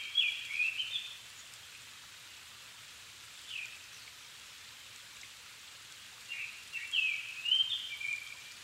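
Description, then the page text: Japanese thrush singing whistled phrases, one at the start and another near the end, with a single note between, over steady hiss. 7 May 2011 at 17:59, evening; altitude 270 m; recorded with Sony PCM-D50 and Panasonic WM-61A microphone. "Turdus cardis [Sounds -Nikko Today-]"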